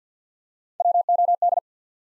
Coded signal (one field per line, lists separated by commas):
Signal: Morse code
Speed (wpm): 50 wpm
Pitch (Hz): 700 Hz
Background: none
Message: WOD